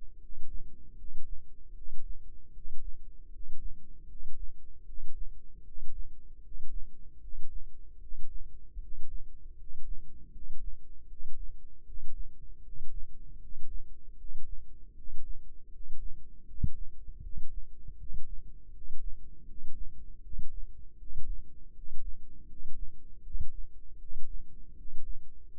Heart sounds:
heart sounds by microphone in the left ear; 78 bpm
0.17 s: heartbeat
0.94 s: heartbeat
1.72 s: heartbeat
2.51 s: heartbeat
3.28 s: heartbeat
4.06 s: heartbeat
4.83 s: heartbeat
5.62 s: heartbeat
6.39 s: heartbeat
7.18 s: heartbeat
7.97 s: heartbeat
8.78 s: heartbeat
9.54 s: heartbeat
10.30 s: heartbeat
11.06 s: heartbeat
11.83 s: heartbeat
12.60 s: heartbeat
13.37 s: heartbeat
14.15 s: heartbeat
14.93 s: heartbeat
15.69 s: heartbeat
16.44 s: heartbeat
17.20 s: heartbeat
17.95 s: heartbeat
18.70 s: heartbeat
19.44 s: heartbeat
20.20 s: heartbeat
20.96 s: heartbeat
21.71 s: heartbeat
22.45 s: heartbeat
23.21 s: heartbeat
23.97 s: heartbeat
24.73 s: heartbeat
25.48 s: heartbeat
From the record:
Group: healthy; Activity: rest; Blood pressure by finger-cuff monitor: 110/78 mmHg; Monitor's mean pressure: 84 mmHg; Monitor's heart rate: 78 bpm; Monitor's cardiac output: 6.1 L/min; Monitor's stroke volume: 78 mL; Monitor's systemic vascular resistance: 1000 dyn s/cm5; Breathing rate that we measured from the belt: 19 breaths a minute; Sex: male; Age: 35 years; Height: 180 cm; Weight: 86.9 kg

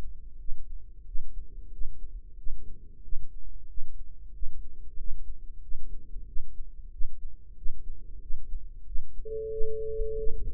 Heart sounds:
heart sounds by microphone in the right ear; 92 bpm
0.39 s: heartbeat
1.06 s: heartbeat
1.72 s: heartbeat
2.38 s: heartbeat
3.03 s: heartbeat
3.69 s: heartbeat
4.34 s: heartbeat
4.98 s: heartbeat
5.62 s: heartbeat
6.27 s: heartbeat
6.92 s: heartbeat
7.57 s: heartbeat
8.21 s: heartbeat
8.86 s: heartbeat
9.51 s: heartbeat
10.18 s: heartbeat
From the record:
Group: healthy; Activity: rest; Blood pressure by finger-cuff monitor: 105/69 mmHg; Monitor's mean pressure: 82 mmHg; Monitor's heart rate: 92 bpm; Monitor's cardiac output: 6.3 L/min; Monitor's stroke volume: 67 mL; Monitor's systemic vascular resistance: 940 dyn s/cm5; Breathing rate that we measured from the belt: 19 breaths a minute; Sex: female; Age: 43 years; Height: 160 cm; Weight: 90 kg

